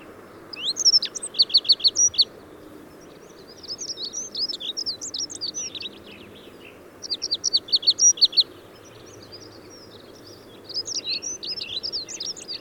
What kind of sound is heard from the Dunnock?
song